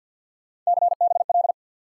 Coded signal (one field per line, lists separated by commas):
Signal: Morse code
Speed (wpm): 50 wpm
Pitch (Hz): 700 Hz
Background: none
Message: CBL